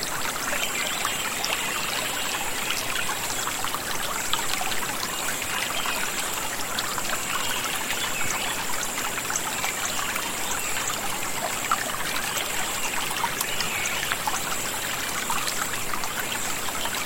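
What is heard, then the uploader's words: A gentle river runs steadily through the whole stretch, a dense, even rush with a brightish trickling quality and no breaks. A thin, continuous high tone sits above the water, and faint scattered chirps from birds come through. Garden Ambience: Gentle River & Bird Sounds. The sounds of nature in a tranquil garden on a peaceful day.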